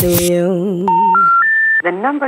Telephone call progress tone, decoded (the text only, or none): special information tone